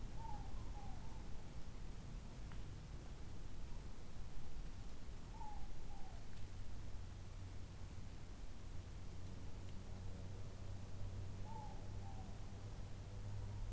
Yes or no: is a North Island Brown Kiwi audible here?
no